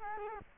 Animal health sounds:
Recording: mosquito wingbeat signal from an infrared sensor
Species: Culex quinquefasciatus

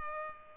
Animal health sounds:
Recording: mosquito wingbeat signal from an infrared sensor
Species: Culex pipiens

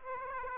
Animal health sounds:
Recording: mosquito wingbeat signal from an infrared sensor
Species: Aedes aegypti

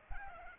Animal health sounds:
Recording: mosquito wingbeat signal from an infrared sensor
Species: Aedes aegypti

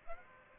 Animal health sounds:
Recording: mosquito wingbeat signal from an infrared sensor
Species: Aedes aegypti

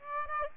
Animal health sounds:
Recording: mosquito wingbeat signal from an infrared sensor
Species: Aedes aegypti

